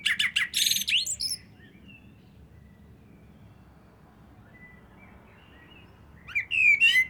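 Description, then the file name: Common blackbird song: a high, scratchy twitter at the start and a fluted warble at the end, with a quiet gap in between. "Turdus merula"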